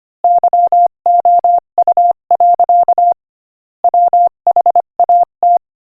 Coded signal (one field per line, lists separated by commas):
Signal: Morse code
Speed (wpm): 25 wpm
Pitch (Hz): 700 Hz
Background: none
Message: YOU. WHAT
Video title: Morse Code Practice: 25 wpm Inspirational Quote 6